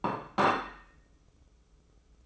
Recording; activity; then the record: daily activity, microphone in the room; place plate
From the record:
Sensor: 1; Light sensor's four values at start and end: 13/47/17/17 and 13/47/17/17